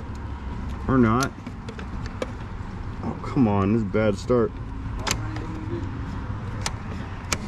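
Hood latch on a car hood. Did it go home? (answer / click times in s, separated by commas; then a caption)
partly / 7.3 s. The hood release is pulled on a car while someone talks, and a short sharp click is heard from the hood latch at 7.3 s. The latch clicks, but the hood does not pop open.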